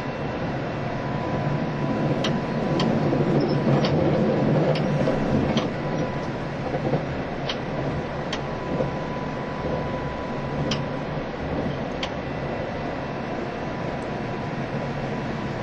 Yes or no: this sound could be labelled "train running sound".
yes